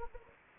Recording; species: mosquito wingbeat signal from an infrared sensor; Anopheles gambiae